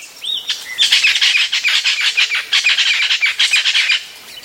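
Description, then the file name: Bird giving a long run of harsh, rasping chatter notes, rapidly repeated for about three seconds after a couple of short whistled slurs at the start. "SABIOD 50 bird 2015"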